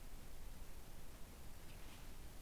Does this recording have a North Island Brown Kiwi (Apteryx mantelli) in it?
no